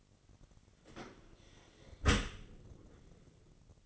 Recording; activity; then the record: daily activity, microphone in the room; close dishwasher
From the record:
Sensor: 4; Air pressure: 1003.9 hPa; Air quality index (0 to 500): 146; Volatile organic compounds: 2 ppm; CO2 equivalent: 1050 ppm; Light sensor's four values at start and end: 19/45/19/20 and 19/46/19/20